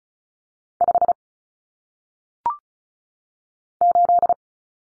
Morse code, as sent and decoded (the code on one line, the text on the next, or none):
..... / ---..
5 8